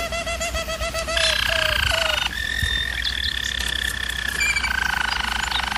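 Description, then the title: German Roller canary song: pulsed low rolls opening into continuous higher trills that change pitch a few times. Used as a canary training recording. "German Roller Canary Singing - Canary Training Vid"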